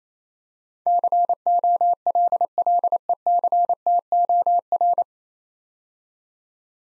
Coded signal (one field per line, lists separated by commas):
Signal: Morse code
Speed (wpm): 27 wpm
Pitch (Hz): 700 Hz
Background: none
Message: COLLECTOR